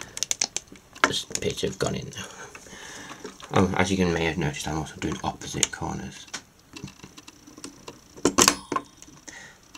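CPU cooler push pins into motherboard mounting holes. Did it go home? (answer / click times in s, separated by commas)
yes / 8.4 s, 8.5 s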